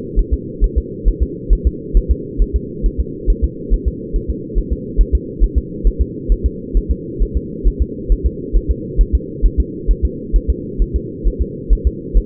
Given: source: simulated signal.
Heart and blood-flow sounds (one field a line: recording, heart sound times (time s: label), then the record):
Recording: fetal heart sounds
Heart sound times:
0.19 s: S1
0.33 s: S2
0.64 s: S1
0.78 s: S2
1.08 s: S1
1.23 s: S2
1.53 s: S1
1.67 s: S2
1.97 s: S1
2.11 s: S2
2.42 s: S1
2.56 s: S2
2.86 s: S1
3.00 s: S2
3.30 s: S1
3.44 s: S2
3.74 s: S1
3.88 s: S2
4.16 s: S1
4.30 s: S2
4.58 s: S1
4.72 s: S2
5.01 s: S1
5.15 s: S2
5.44 s: S1
5.58 s: S2
5.87 s: S1
6.01 s: S2
6.32 s: S1
6.46 s: S2
6.77 s: S1
6.91 s: S2
7.22 s: S1
7.37 s: S2
7.68 s: S1
7.82 s: S2
8.12 s: S1
8.26 s: S2
8.56 s: S1
8.71 s: S2
9.01 s: S1
9.15 s: S2
9.46 s: S1
9.60 s: S2
9.91 s: S1
10.05 s: S2
10.36 s: S1
10.50 s: S2
10.82 s: S1
10.96 s: S2
11.27 s: S1
11.42 s: S2
11.73 s: S1
11.87 s: S2
12.17 s: S1
From the record:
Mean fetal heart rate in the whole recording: 135 bpm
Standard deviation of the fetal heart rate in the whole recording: 3 bpm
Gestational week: 36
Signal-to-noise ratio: -4.1 dB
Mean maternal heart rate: no maternal heart sound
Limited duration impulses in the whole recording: absent